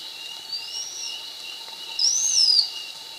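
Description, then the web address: Slaty-backed chat-tyrant with a faint arched whistle followed by a louder, thin high note rising then falling, against a steady background hum. Recorded in Ecuador. "Birds of Ecuador. Slaty-backed Chat-Tyrant"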